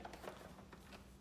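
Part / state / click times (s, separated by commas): small plastic tray onto high chair seat / not seated / none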